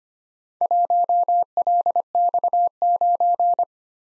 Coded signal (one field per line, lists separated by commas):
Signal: Morse code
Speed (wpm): 25 wpm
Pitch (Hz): 700 Hz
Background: none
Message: 1LX9